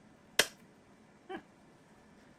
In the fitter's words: The pin thing sits in a little curved thing at the top of the plastic, and then it just drops down and clicks in place.